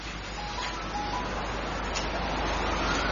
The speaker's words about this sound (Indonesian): Itu ada suara HP itu. Matikan.